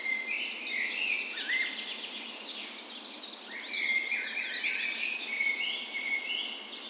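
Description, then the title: Birds: dawn chorus of many birds, a continuous mix of high whistled phrases, trills and chirps from several overlapping singers. Dawn chorus in a park west in Bergen, Norway, recorded on the morning of 17 May, Norway's National Day, in full spring; Sony PCM A10 recorder with LOM Usi microphones. "17th Of May Dawn Chorus"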